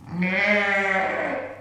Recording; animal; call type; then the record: contact call of a hoofed animal; sheep; low-frequency (closed-mouth) or high-frequency (open-mouth) call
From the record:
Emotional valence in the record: negative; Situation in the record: short social isolation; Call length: 1.61 s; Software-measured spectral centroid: 1790 Hz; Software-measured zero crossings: 2420 a second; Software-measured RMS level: -23 dBFS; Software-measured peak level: -7 dBFS